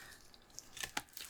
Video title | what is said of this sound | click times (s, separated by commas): UNBOXING! SEBO Airbelt K2 Turbo First Look | Hear it click, and it's in place. | 1.0 s